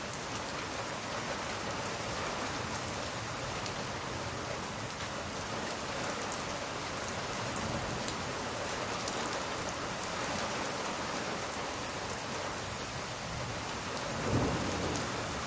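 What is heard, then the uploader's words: Steady, dense rain hisses without pause across the whole stretch, an even wash of fine drops with occasional brighter ticks. A low rumble stays underneath throughout, and a brief louder swell near the fourteen-second mark may be a short thunder rumble. Stormy White Noise. Stormy weather white noise, thunderstorm ambiance, rain and thunder sounds.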